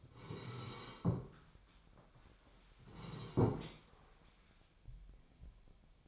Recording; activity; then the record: daily activity, microphone in the room; sit down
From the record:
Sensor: 1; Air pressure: 1015.2 hPa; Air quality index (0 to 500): 157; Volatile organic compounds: 9 ppm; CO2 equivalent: 2177 ppm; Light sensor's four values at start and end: 12/29/12/13 and 12/30/12/13